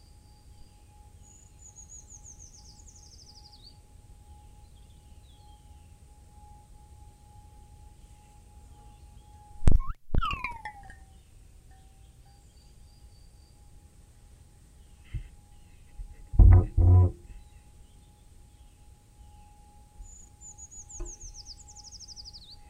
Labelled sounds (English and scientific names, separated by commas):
Eurasian Treecreeper (Certhia familiaris) song